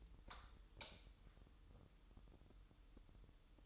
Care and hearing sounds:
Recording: daily activity, microphone in the room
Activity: light on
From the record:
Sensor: 3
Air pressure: 988.3 hPa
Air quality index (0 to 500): 190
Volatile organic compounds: 257 ppm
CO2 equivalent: 4378 ppm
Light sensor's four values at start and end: 8/19/8/8 and 10/28/11/11

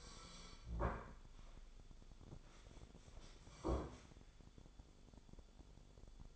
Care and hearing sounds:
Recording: daily activity, microphone in the room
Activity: sit down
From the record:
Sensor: 5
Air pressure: 1015.3 hPa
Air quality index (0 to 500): 195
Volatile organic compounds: 8 ppm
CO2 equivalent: 2111 ppm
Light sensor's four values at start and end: 35/81/32/31 and 35/81/32/31

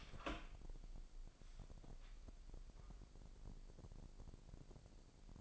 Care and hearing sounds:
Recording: daily activity, microphone in the room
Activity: open door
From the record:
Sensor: 5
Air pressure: 1012.4 hPa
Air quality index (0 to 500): 158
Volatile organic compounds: 2 ppm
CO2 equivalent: 1078 ppm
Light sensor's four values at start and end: 258/625/264/289 and 263/638/269/296

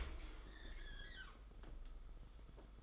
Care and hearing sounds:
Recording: daily activity, microphone in the room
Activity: open dishwasher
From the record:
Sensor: 5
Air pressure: 991.5 hPa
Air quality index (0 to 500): 117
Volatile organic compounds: 38 ppm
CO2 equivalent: 3117 ppm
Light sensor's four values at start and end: 40/125/47/51 and 40/127/48/52

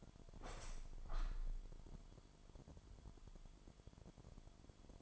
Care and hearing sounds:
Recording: daily activity, microphone in the room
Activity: open window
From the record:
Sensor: 5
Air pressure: 998.1 hPa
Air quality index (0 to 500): 98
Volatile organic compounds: 2 ppm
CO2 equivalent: 1116 ppm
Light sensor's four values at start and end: 27/65/27/29 and 27/65/27/29

